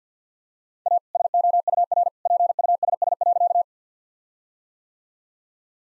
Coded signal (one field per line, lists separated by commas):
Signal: Morse code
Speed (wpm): 50 wpm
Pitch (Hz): 700 Hz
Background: none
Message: A SOUR PUSS.